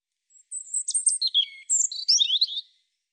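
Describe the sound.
European robin sings two short bursts of high, wavering, thin notes with liquid trills, separated by a brief pause.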